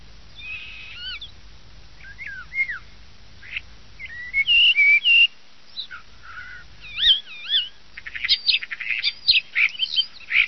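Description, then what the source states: Common starling song: varied warbled and wavering whistles, a sustained buzzy note, then rapid clicks and squeaky phrases. Starling song used as a lure in Italian traditional bird-catching (uccellagione).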